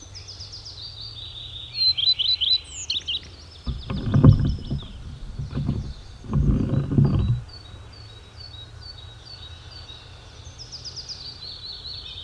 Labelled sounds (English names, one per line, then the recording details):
Common Redstart song
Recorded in the wild
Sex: male
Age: adult
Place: Schloß Holte-Stukenbrock, Senne, Nordrhein-Westfalen, DE
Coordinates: 51.8672, 8.66167
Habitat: pine wood
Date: 1972-05-01
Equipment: Uher 4200 Report Stereo, Bändchenmikro Beyer M 260, Parabolspiegel Polyester (600 mm)
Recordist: Conrads, Klaus